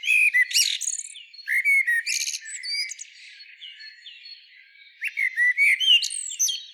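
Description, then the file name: Common blackbird giving short bursts of melodious whistles ending in high twitters, repeated with brief pauses, then a quieter interval before a final lively burst. "Turdus merula"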